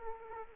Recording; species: mosquito wingbeat signal from an infrared sensor; Aedes aegypti